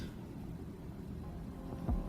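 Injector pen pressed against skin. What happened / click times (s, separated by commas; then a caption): The pen was pressed against the skin, but no clear seating click is confirmed / none. A Bimzelx auto-injector pen, likely a demo, is held and pressed flat and firmly onto the skin, where a first click would signal that the injection has started. A low, steady background rumble runs throughout, with a brief louder low thump at about 1.9 s. Nothing has clicked or seated yet.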